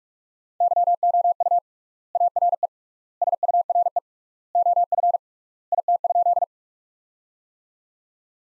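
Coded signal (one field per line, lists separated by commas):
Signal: Morse code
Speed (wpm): 44 wpm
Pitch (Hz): 700 Hz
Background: none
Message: YOU ARE SURE OF IT?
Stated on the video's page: Computer-generated Morse practice of sentences from the top 300 words at 45 wpm, sent with 3x standard word spacing, a word-level Farnsworth-like method.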